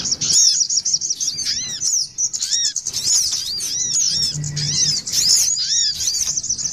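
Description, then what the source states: Little spiderhunter song, a dense stream of very high, sharp chirps with repeated arched, slurred notes dipping lower, continuous throughout; faint low hum underneath. Masteran song, used to train other birds.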